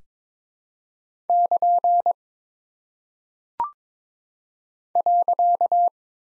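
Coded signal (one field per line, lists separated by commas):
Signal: Morse code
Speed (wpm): 22 wpm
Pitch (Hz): 700 Hz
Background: none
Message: <KN> .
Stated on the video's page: Head-copy practice of single punctuation and prosign characters at 22 wpm, each sent in Morse, then spoken, then sent again.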